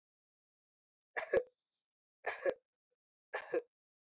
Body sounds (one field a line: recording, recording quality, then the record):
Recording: shallow voluntary cough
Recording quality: excellent, no background noise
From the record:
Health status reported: healthy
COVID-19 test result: not tested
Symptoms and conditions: none ticked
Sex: male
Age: 28 years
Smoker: not ticked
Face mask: not worn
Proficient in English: yes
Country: India